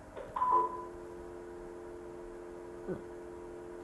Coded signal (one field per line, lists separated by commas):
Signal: telephone call progress tone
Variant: North America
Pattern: dial tone